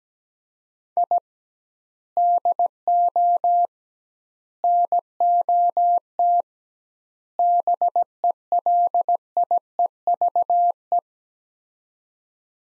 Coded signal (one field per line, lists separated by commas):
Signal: Morse code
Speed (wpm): 17 wpm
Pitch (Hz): 700 Hz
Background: none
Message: I DO NOT BELIEVE